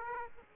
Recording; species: mosquito wingbeat signal from an infrared sensor; Aedes aegypti